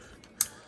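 For the right-hand combined form of a plastic Miniforce Dinoid Warrior Storm Tera transforming dinosaur robot toy, the hip has been turned 180 degrees and the extending plastic combination part is pushed into its slot in the partner robot's socket. A faint tick at 0.2 s is followed by a sharp plastic click at 0.4 s as the joint snaps into place.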